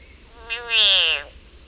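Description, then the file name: Frog distress call: a single strained, harmonic-rich scream lasting under a second, swelling in strength and then dropping away, over quiet background hiss. Frog in agony. "Yannick Dauby agony of a frog"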